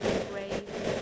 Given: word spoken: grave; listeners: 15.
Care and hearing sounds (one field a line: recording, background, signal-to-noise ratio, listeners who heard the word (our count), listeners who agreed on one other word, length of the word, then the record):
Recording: one English word in noise, from a listening test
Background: noise modulated by three-talker babble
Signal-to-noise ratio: -4.6 dB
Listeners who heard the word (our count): 2 of 15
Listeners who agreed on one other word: 6 of 15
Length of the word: 0.62 s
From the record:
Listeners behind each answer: 6, 2, 1, 1, 1, 1, 1, 1, 1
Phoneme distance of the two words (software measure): 10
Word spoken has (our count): 1 syllable, 4 phonemes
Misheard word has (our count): 1 syllable, 4 phonemes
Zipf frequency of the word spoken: 4.20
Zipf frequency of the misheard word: 4.64